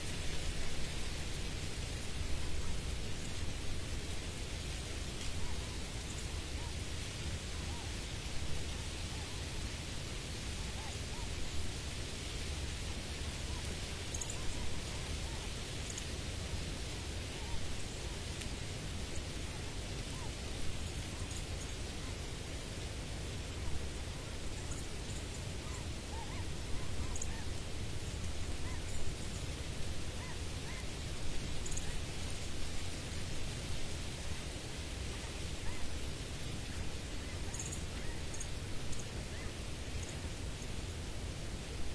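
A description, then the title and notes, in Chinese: Wind blows through tree leaves in a steady, dense rush that barely changes over the whole clip. A deep rumble sits underneath the soft hiss of the foliage, and faint small ticks and clicks surface now and then near the top. 风吹树叶。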